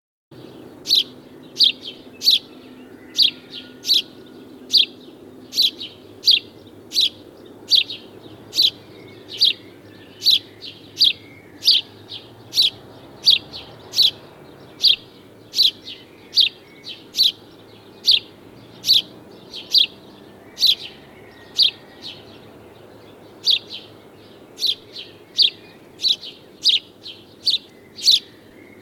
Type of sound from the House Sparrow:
call